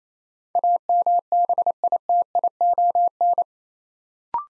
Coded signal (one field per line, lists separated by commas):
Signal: Morse code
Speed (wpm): 29 wpm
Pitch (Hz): 700 Hz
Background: none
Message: AMBITION